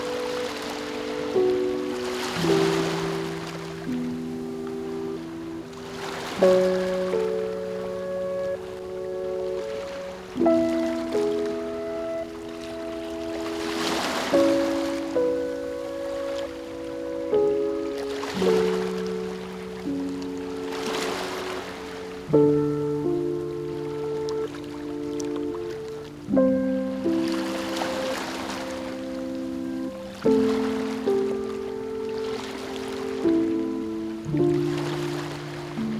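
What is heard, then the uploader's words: Ocean waves surge and recede in a steady rhythm, a soft hissing swell rising about every four seconds. Beneath them, mellow sustained chords play continuously, shifting to a new chord every few seconds in a slow, even progression. Oceans Waves.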